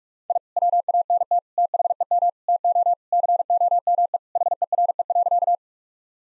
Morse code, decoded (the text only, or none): I WANT THEM TO COME HERE.